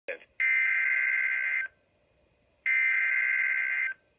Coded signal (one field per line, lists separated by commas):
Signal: Emergency Alert System (SAME) tones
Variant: header bursts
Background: speech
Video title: EAS Alert #8 (Severe Thunderstorm Warning #6) 5/21/18